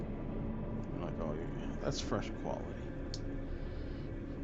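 A new plastic building brick is pressed onto another brick during a live build. Someone talks, and then a single short click is heard at 3.1 seconds as the brick clicks into place.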